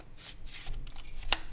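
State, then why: Seated. After some fumbling with orientation, a detachable controller is slid down the side rail of a Nintendo Switch OLED Model handheld console, with soft rubbing, sliding noises and faint ticks. A sharp click at 1.3 s marks the controller locking into the rail, fully seated.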